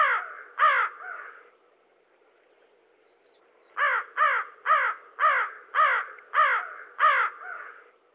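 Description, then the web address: American crow giving harsh, hoarse caws: two at the start, a pause, then a series of seven caws. "Dan Gibson Wildlife Identification By Sound, Eastern North America Pt 2. Common Crow"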